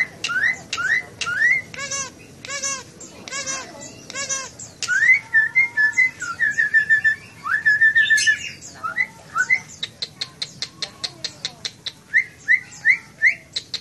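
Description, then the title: Nias hill myna song: loud repeated harmonic whistles and rising notes, then rapid clicking strokes near the end. Loud, vigorously singing bird used as a model for training other songbirds (masteran). "Burung Jalak Nias Gacor Suara Super Gledek Untuk Masteran"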